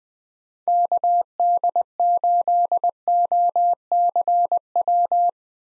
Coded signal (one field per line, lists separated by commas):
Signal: Morse code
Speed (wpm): 20 wpm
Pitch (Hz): 700 Hz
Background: none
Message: KD8OCW